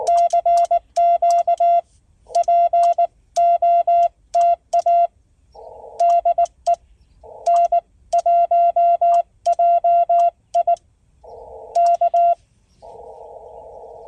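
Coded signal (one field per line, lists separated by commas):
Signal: Morse code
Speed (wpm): 19 wpm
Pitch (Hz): 690 Hz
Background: none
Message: CQ POTA DE N1JI K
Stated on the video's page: CW sent during a POTA activation of a state forest from a mobile HF station, with engine noise and sloppy sending.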